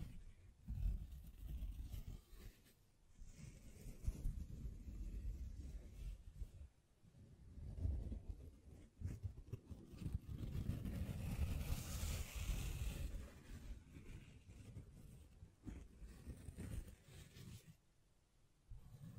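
Hands brush, scratch and tap against a microphone, producing a thick, low rumbling with short thumps at irregular moments, notably near one, three, seven and ten seconds. A brighter hiss of rubbing swells around twelve seconds, and the handling quiets briefly between scrapes.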